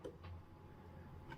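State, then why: Not seated. A SIM card is pushed into the SIM slot of a 5G router after its rubber cover has been pulled off. Two brief taps are heard at about 0.1 s and 1.3 s over a low hum, but the card has not clicked into place, showing it is in the wrong way around.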